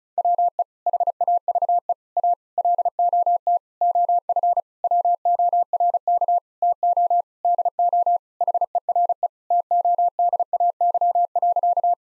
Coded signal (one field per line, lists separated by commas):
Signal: Morse code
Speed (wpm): 34 wpm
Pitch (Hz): 700 Hz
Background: none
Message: WE HAVE A LOT OF WORK TO DO HERE TODAY.